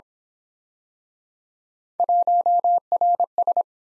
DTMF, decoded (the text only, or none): none